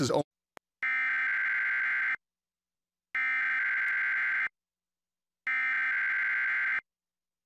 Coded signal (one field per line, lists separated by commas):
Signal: Emergency Alert System (SAME) tones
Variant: header bursts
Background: speech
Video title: WFLX Emergency Alert System Test | June 5, 2024